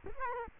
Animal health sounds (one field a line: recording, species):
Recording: mosquito wingbeat signal from an infrared sensor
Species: Culex quinquefasciatus